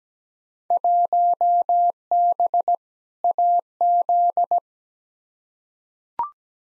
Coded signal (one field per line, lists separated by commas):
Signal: Morse code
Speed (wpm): 17 wpm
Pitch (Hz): 700 Hz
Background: none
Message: 1B AZ